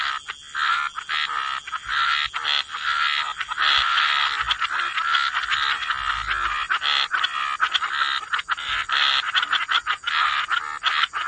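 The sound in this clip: Frog chorus of dense, overlapping croaking pulses in a steady mass, with a constant high hiss of white noise underneath.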